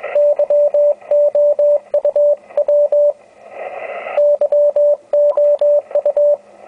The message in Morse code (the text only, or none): YOUW YOU